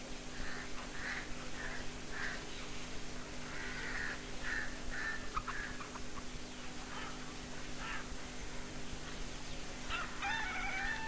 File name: Long-tailed Shrike kindlebag